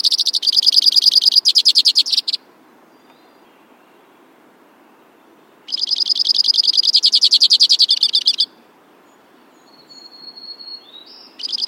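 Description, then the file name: White-winged crossbill delivering a dry rapid trill, falling silent, then a second long trill, followed by a few faint thin notes. "suara-kicauan-burung-white-winged-crossbill -omkicau"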